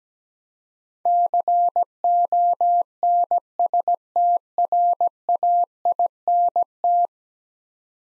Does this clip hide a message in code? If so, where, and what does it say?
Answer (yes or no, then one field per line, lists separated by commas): yes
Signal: Morse code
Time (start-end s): 1.1-7.1 s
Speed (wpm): 17 wpm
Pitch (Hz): 700 Hz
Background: none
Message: CONSTRAINT